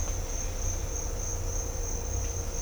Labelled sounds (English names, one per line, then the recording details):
none
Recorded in dense forest near Puerto Asís, Putumayo, Colombia, on 18 December 2024 at 07:30
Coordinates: 0.503, -76.323
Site G043